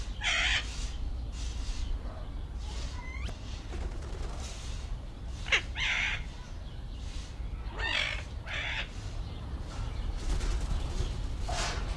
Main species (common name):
Golden-collared Macaw